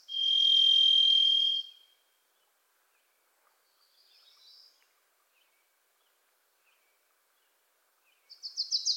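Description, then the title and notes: Varied thrush song opens with a loud, level, buzzy whistle lasting nearly two seconds. Quiet high notes follow, then a rapid chattering trill begins at the end. Varied Thrush visiting the recordist in a Pacific Northwest forest; voice likened to crying 'Listen. Listen. Listen.'; a Wilson's Warbler sings alongside; unmastered recording. "The Varied Thrush, Ixoreus naevius, is a wisp in the forests of the Pacific Northwest."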